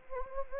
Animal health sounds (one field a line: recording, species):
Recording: mosquito wingbeat signal from an infrared sensor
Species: Anopheles gambiae